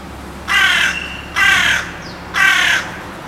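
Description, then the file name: Carrion crow calling three hoarse caws in steady succession, about one per second, with a faint brief higher note between the later calls. "Corvus corone"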